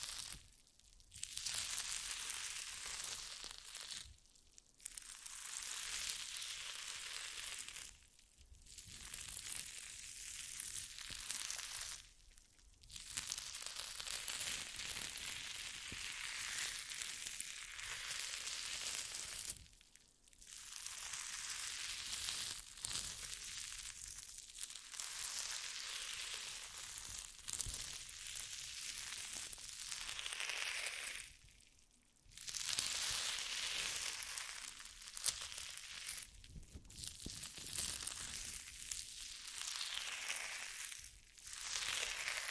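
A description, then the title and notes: Jelly being squished and squeezed, making a dense, crackly, wet crunching that runs almost without pause. The sound is mostly bright and hissy, with little low end, and brief silent gaps break it every few seconds at an uneven pace. ASMR Stress Relieving Jelly Sounds For Sleep.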